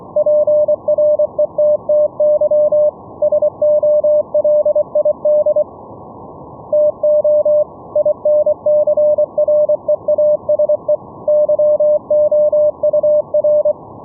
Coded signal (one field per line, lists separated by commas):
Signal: Morse code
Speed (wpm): 24 wpm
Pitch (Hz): 600 Hz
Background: radio noise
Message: PRETTY SOLID TO INCREASE YOUR